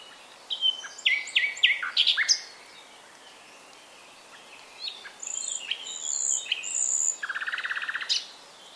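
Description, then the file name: Common nightingale song: sharp, varied chirps in quick succession, then thin high whistles and a fast, buzzy run of repeated notes. "Luscinia megarhynchos"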